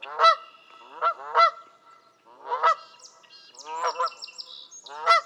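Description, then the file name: Canada goose honks in uneven bursts of two or three, coarse and nasal, with light songbird twittering in the background. "kanadai lud hangja"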